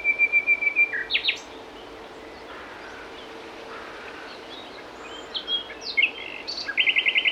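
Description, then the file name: Common nightingale song: a fast series of whistled notes, a burst of buzzy notes, soft phrases, then a rapid loud trill at the end. "Luscinia megarhynchos"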